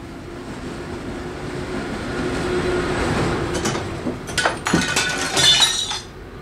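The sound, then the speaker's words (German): Over a steady rumbling train, burglars smash a glass pane in a courtyard door of an optician's shop in a few sharp, bright crashes, with tinkling shards clinking in bursts toward the end. “Nach Einschlagen der Scheibe in einer Hoftür gelangten die Täter ohne Mühe in den rückwärtigen Raum des Optikerfachgeschäftes”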